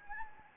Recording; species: mosquito wingbeat signal from an infrared sensor; Anopheles gambiae